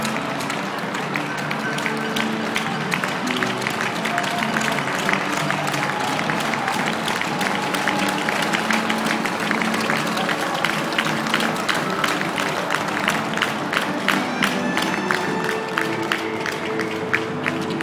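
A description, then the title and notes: Marathon leaders pass by amid a steady, dense crowd roar that holds at one level throughout. Quick overlapping claps and bright whistle-like cheers run constantly, with voices mixed in, and no single event stands out. Berlin Marathon leaders pass.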